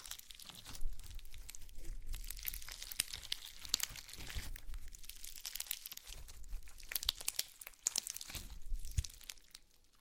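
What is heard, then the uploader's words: Slime being squished and worked, with a constant dense crackle of tiny bright pops and crinkles. Soft low squelches and presses come and go underneath, with a sharper pop near the start and brief quieter lulls around six and eight seconds. ASMR SLIME! 5 Satisfying Slimes.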